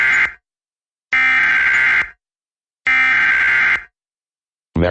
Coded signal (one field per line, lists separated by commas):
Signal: Emergency Alert System (SAME) tones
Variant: header bursts